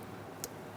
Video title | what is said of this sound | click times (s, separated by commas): How to Replace Vapor Canister Purge Solenoid Valve 2014-2019 Kia Soul (1.6L L4) | Plug in your connector. Make sure you hear that click. | 0.4 s